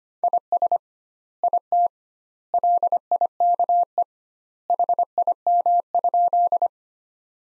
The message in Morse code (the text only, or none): IS IT LIKE HIM?